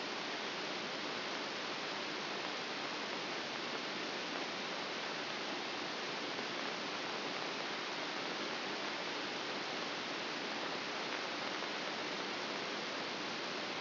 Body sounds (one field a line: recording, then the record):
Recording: brain microelectrode recording played as sound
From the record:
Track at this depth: inside the subthalamic nucleus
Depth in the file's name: 0.041 mm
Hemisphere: right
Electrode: 2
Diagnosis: Parkinson's disease